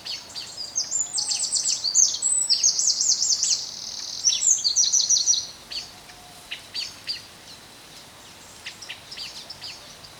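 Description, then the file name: Eurasian wren song: a loud, fast run of high trills and sharp chattering phrases for about five seconds, followed by scattered thin high notes. "Troglodytes troglodytes"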